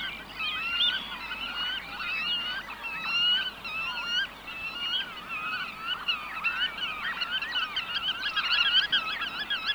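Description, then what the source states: Black-tailed Godwit calls from several birds at once, nasal, wavering notes tumbling over one another continuously. Field recording from Sweden.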